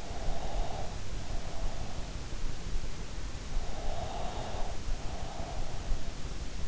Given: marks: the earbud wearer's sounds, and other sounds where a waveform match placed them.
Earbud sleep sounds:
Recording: sounds in sleep by an in-ear microphone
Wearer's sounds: breath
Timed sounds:
0.16-1.88 s: breath
3.59-5.65 s: breath

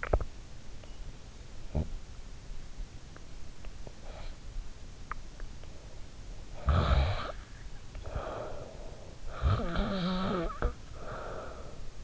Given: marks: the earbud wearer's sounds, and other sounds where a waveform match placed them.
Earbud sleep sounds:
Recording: sounds in sleep by an in-ear microphone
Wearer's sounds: swallowing, snoring breath, teeth grinding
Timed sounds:
0.00-0.33 s: swallowing
1.60-1.97 s: snoring breath
3.86-4.45 s: snoring breath
5.03-5.31 s: teeth grinding
6.61-9.24 s: snoring breath
9.35-12.04 s: snoring breath

